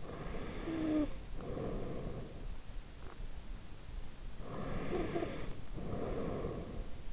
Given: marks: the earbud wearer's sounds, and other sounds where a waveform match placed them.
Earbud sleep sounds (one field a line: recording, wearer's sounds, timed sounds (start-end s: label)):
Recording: sounds in sleep by an in-ear microphone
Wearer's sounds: snoring breath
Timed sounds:
0.00-2.54 s: snoring breath
4.40-6.91 s: snoring breath